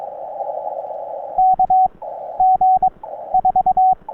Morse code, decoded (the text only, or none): KG4